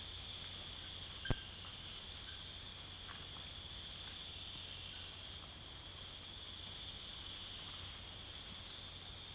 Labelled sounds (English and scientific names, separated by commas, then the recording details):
none
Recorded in secondary vegetation near Puerto Asís, Putumayo, Colombia, on 22 June 2025
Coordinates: 0.488, -76.319
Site G094